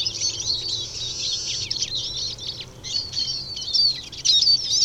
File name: Eurasian Siskin (Carduelis spinus)